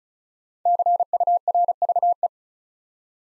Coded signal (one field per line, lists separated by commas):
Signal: Morse code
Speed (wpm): 36 wpm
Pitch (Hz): 700 Hz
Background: none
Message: CURVE